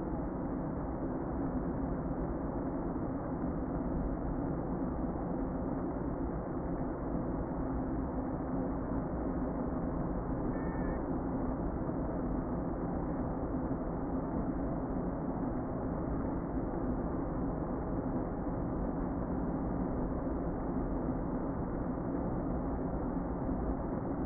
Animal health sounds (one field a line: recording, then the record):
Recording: honeybee colony, microphone inside the hive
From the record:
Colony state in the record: queen present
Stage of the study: before two queens were removed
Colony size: about 60,000 bees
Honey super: yes